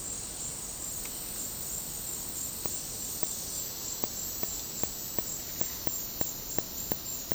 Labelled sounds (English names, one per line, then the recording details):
none
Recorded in dense forest near Puerto Asís, Putumayo, Colombia, on 20 February 2024 at 09:30
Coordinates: 0.503, -76.322
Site G6418